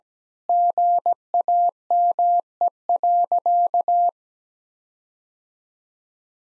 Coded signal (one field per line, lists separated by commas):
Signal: Morse code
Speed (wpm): 17 wpm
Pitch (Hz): 700 Hz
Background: none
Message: GAME.